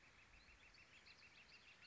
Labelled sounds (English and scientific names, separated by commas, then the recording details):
Northern Flicker (Colaptes auratus)
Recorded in Sonoma County, California